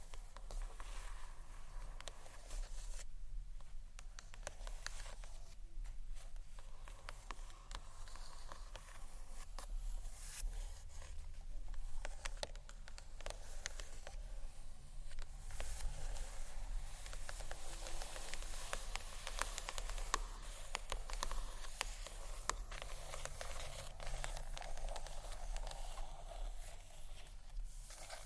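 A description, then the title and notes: Gentle scratchy tapping on books, continuous, made of dense rapid strokes that run almost without pause for the whole stretch. The sound is bright and papery, with a faint low hum underneath, and the activity thickens slightly in the second half. ASMR Gentle SCRATCHY TAPPING on BOOKS （No Talking）.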